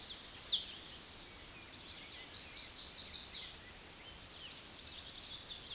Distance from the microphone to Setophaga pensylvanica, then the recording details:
about 25 m. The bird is about 5 m above the microphone. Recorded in a Pennsylvania forest on 16 May 2024 at 06:58. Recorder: AudioMoth, point MSD-1360. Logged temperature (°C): 14.8 °C. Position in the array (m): 170 m, 179 m